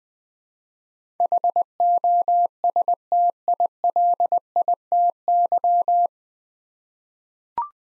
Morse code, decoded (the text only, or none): HOSTILITY